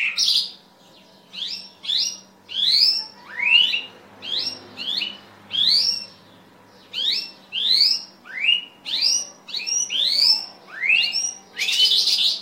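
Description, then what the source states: Bimaculated lark repeating sharp descending high notes in a long series, with short gaps between them. Recorded in Afghanistan.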